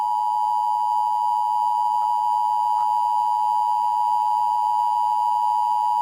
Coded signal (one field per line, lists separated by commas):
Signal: Emergency Alert System (SAME) tones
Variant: 853 and 960 Hz attention tone